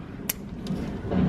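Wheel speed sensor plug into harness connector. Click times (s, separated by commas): 0.3 s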